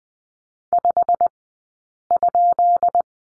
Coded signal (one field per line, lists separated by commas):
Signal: Morse code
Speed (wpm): 20 wpm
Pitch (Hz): 700 Hz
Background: none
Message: 5?